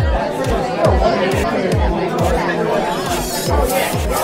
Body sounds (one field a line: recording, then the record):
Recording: background sound without coughing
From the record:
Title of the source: Nightlife Party Simulating Party Club Noise 1 Hour